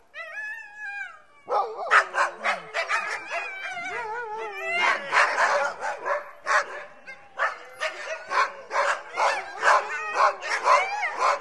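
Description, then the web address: Dog pack starts with a single wavering howl, then bursts into dense, overlapping barking while falling howls continue underneath. A pack of dogs, barking and howling together. "aboiement et hurlement dune meute de chiens"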